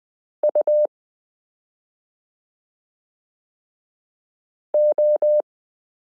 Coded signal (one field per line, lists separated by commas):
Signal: Morse code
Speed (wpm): 20 wpm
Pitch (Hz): 600 Hz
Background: none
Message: U O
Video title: Morse Code Listening Lesson 9 - m k r s u a p t l o